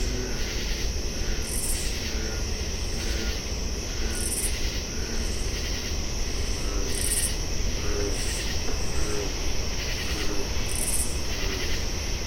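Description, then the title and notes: Oblong-winged katydid song: sharp high raspy bursts every couple of seconds above a rhythmic insect chorus, with faint low frog notes and a steady rumble. At least two calling; Common True Katydid chorus, distant American Bullfrogs; canal edge at marsh mouth, Alexandria, Virginia, USA; July 23 2015, 10:12 PM, 75°F; Fostex FR-2, Sennheiser ME-62, Telinga parabola. "Oblong-winged Katydid pm. the song of the Oblong-winged Katydid. the edge of the canal at the mouth of the west Dyke Marsh in Alexandria, VA on July 23rd, 2015 at 10:12PM"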